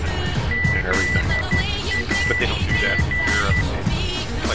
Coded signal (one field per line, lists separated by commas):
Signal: Morse code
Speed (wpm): 12 wpm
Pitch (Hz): 2000 Hz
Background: speech, music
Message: ZAG